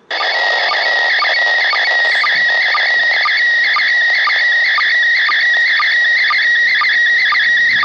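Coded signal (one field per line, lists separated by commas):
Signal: SSTV (slow-scan television)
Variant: PD 120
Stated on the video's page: ISS MAI-75 SSTV images in PD120 mode, received from the International Space Station on a TH-D74E with an Arrow-2 antenna.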